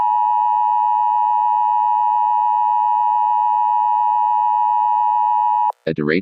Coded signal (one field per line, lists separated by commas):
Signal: Emergency Alert System (SAME) tones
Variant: 853 and 960 Hz attention tone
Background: speech